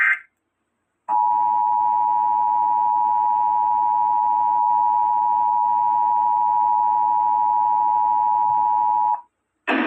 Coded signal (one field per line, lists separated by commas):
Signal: Emergency Alert System (SAME) tones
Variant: 853 and 960 Hz attention tone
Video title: EAS ON TV???? (EAS #5) (jk)